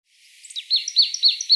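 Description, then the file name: Marsh tit calling: a rapid series of high, sharp downslurred notes, building from softer notes at the start. "Poecile palustris"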